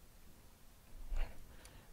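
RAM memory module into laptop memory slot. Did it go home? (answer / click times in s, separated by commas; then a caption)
yes / 1.6 s. A RAM memory module, stubborn after repeated tries, is pushed down into a laptop's memory slot. A brief rustling scrape swells around 1.1–1.3 s, then a short, sharp click lands at 1.7 s. The module latches and is seated.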